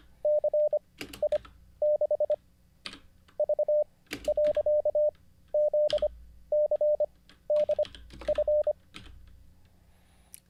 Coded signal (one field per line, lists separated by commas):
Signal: Morse code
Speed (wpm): 25 wpm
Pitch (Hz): 600 Hz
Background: none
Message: C I 6 V . Z C D F